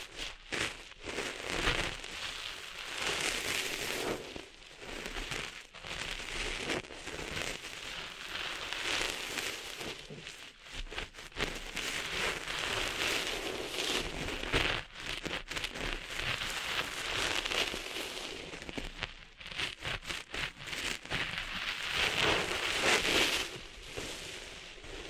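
Sand being cleaned out of ears makes dense, crackling, scratchy rustling that surges and thins in uneven bursts, with brief near-silent breaks throughout.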